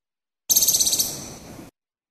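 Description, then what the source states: Moluccan woodcock call: one high, harsh pulsed rattle of about a dozen quick beats, fading away over roughly a second, with silence before and after. Maluku.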